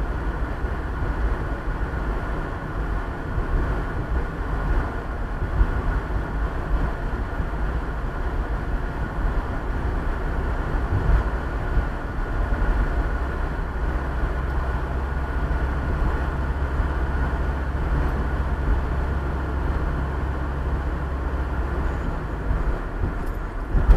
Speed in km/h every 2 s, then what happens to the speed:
50, 48, 49, 48, 49, 51, 51, 53, 54, 54, 54, 52.
0-24 steady at about 51.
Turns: none.